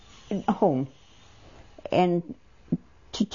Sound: none

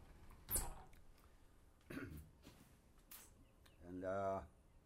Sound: sound of door closing

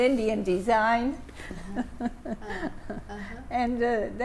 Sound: laughs

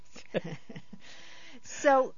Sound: he laughs

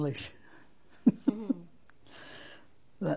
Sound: she laughs

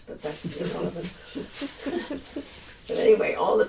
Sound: both laugh

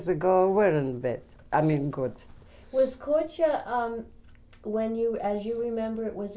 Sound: none

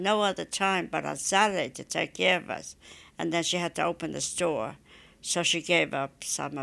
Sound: none

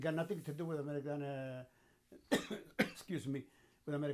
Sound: coughs

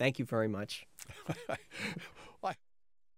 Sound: laughs

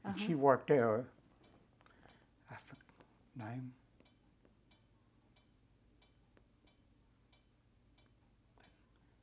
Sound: thinks out-loud quietly

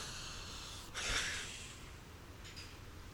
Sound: he sighs

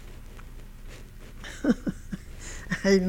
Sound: she laughs

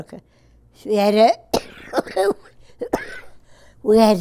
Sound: coughs

